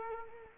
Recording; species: mosquito wingbeat signal from an infrared sensor; Culex quinquefasciatus